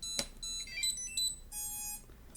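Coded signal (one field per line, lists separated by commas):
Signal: beep code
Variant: drone flight controller buzzer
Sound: a click, a quick chirpy run of buzzer notes, then one longer steady beep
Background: quiet room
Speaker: 그러면 메인 와일문에 잘 진입했다는 비프음이 들렸고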